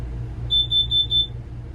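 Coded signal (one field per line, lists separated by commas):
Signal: alarm pattern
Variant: RV propane gas alarm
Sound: four quick high-pitched beeps in a row over a low background rumble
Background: low engine rumble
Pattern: 4 short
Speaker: It's not the smoke alarm. I already checked that. What is that? About every 3 or 4 seconds, 4 beeps.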